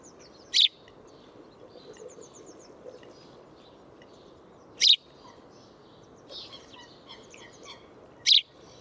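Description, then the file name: House sparrow chirps, three loud short notes several seconds apart, with faint twittering and low background noise between them. "Passer domesticus"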